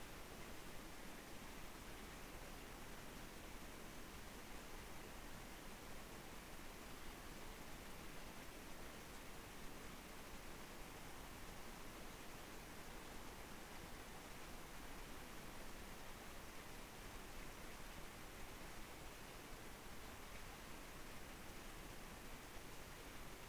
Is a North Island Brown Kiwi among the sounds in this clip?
no